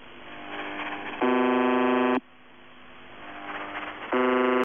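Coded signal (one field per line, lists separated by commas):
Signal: channel marker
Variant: UVB-76, The Buzzer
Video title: [UVB-76, The Buzzer] Voice Message (but the marker doesn't stop); 11. January 2021, 12:45 UTC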